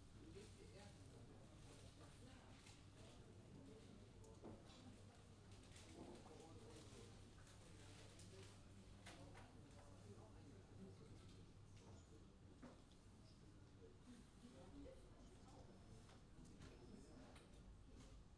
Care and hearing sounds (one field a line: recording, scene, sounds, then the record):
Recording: everyday scene through a hearing-aid microphone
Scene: many people talking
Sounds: many voices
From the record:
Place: university cafeteria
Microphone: in the ear canal, left